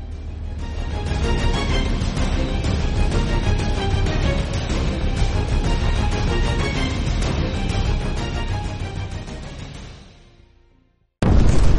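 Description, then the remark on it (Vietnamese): A dense, continuous roar of M77 artillery rockets exploding in the sky, heavy booming rumble layered with crackling bursts, swells for about ten seconds, fades into silence, then a sudden loud blast cuts back in. “M77 nổ tung giữa trời như bầy thú thép gào trú, xé mây, thiêu đốt không khí bằng hàng trăm nghìn mảnh sát thương.”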